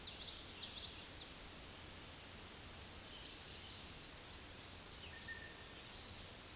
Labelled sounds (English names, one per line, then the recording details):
Black-and-white Warbler song
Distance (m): 50 m
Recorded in a Pennsylvania forest on 19 May 2023 at 06:22
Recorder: AudioMoth, point grid1_29_low
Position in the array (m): 78 m, 105 m